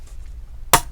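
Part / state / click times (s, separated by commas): laptop display hinge clip on the back plate / released / 0.7 s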